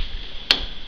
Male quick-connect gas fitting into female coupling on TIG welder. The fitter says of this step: aha you hear that click that's when the spring has retracted because the groove was in the light location now the ball bearings in the groove are preventing